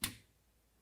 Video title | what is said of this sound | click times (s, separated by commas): Whirlpool Dishwasher Repair - How to Replace the Lower Spray Arm (Whirlpool Part # W10837249) | until you feel it snap into place. | 0.0 s